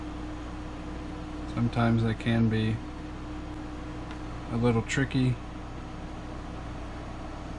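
A crimped wire contact is being pushed into the plastic housing of an Anderson Powerpole power connector while someone talks in two short bursts, around 1.6–2.8 s and 4.6–5.3 s, over a steady low hum. The contact has not snapped or seated into the housing yet.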